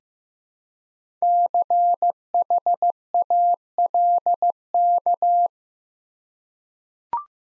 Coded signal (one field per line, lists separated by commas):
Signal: Morse code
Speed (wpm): 15 wpm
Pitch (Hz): 700 Hz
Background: none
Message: CHALK